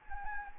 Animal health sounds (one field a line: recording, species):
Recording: mosquito wingbeat signal from an infrared sensor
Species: Anopheles gambiae